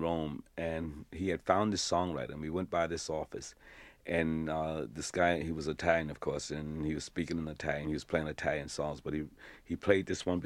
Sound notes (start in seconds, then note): none